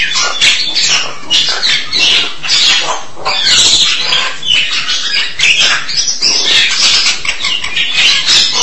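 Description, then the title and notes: Starling delivering fast scratchy chatter and rattling notes, broken by short squeals and whistles throughout. "suara burung jalak"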